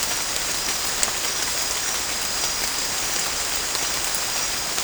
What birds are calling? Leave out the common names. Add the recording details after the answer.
none. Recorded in pastures near Puerto Asís, Putumayo, Colombia, on 18 December 2024 at 23:30. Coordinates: 0.496, -76.326. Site G004